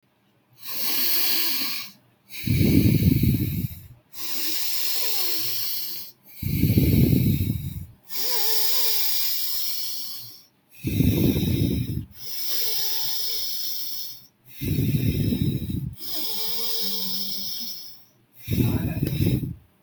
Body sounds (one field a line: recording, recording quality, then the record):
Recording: deep breathing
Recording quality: excellent, no background noise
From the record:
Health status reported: healthy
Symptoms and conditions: none ticked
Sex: male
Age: 20 years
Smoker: not ticked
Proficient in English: yes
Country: India